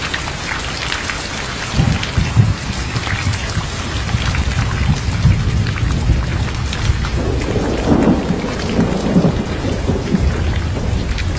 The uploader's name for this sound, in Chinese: 全景雷雨声